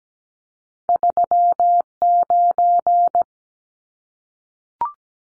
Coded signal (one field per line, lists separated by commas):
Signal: Morse code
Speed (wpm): 17 wpm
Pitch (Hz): 700 Hz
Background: none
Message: 39